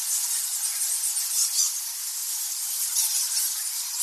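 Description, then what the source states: Bats, many high-pitched squeaks blurring together into a steady shimmering hiss that swells slightly now and then. Thousands of bats in the Goa Lawah temple cave, Bali, Indonesia.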